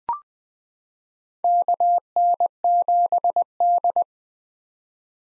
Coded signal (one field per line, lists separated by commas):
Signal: Morse code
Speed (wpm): 20 wpm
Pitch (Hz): 700 Hz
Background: none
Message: KN7D